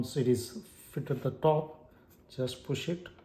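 A Dell P2725H monitor panel is being hooked onto the top of its stand's mount bracket, to be pushed in until the mount latch clicks. Someone talks throughout the clip. The panel has not seated or clicked onto the stand yet.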